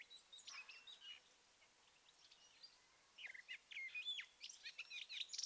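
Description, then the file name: Eurasian blackcap song, two bursts of rapid varied chirps and warbled notes high in pitch, with a quiet gap between them. "Sylvia atricapilla"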